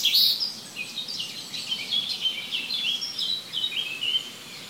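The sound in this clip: Birdsong of quick high chirps and twittering phrases tumbling over one another, a lively overlapping chorus with faint hiss beneath.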